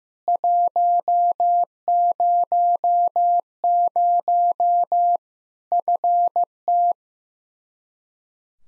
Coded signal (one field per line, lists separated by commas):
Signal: Morse code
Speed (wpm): 15 wpm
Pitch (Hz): 700 Hz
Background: none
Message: 100 FT